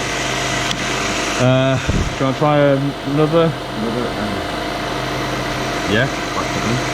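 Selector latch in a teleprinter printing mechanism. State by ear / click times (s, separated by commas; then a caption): not seated / none. Someone talks over the steady hum of an old teleprinter under repair while an N is about to be typed to test whether the selector latch in its printing mechanism catches. The selector has not latched or clicked yet by the end of the clip.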